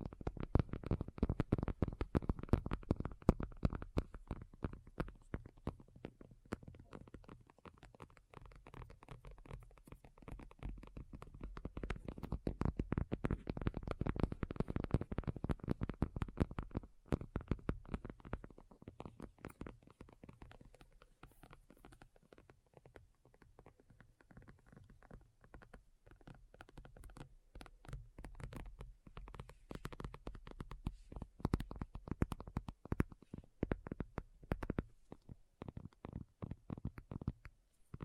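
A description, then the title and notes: Addictive ASMR tapping: dense, rapid fingertip taps in quick bursts, heaviest and loudest near the start and around thirteen seconds, then lighter and sparser. ASMR Addictive Tapping. (No Talking).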